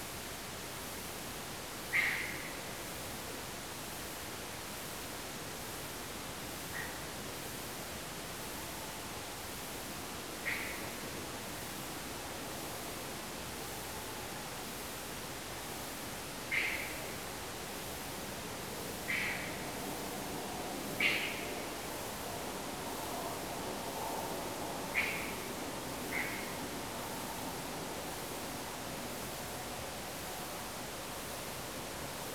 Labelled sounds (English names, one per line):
unidentified animal sound
Tawny Owl